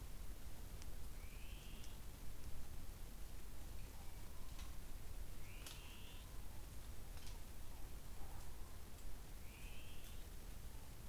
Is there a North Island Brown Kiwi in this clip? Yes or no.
no